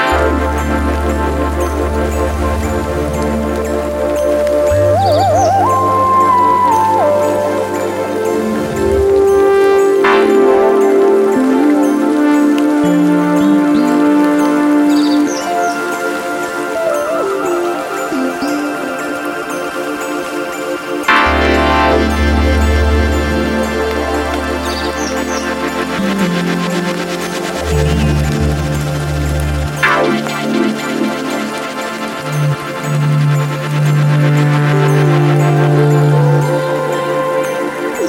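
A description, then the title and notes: Improvised hardware synths play over a steady hiss of rain, with deep bass drones that shift in blocks and sustained tones stepping and gliding above them, changing markedly near 10, 21 and 30 seconds. A few faint, high bird chirps surface now and then. Sounds of rain and birds layered with non-linear hardware synths improvisation. Belarus bird tower.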